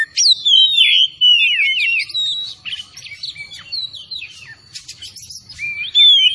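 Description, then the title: Oriental magpie-robin singing continuously, rich fluid whistles swooping up and down, varied phrases tumbling quickly one after another over a faint steady high tone. Singing vigorously (gacor); bird labelled Tretes. "Kacer Tretes Gacor"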